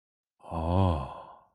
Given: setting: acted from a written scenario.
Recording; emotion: vocal sound without words; desire